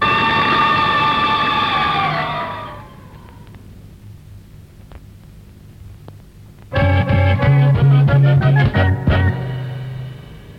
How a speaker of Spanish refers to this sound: Conectó la sirena, movió las campanas, arrancó y disparó a toda velocidad hacia el lugar del siniestro.